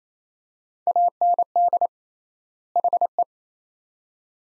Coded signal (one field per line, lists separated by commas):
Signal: Morse code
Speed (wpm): 28 wpm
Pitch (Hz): 700 Hz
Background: none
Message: AND HE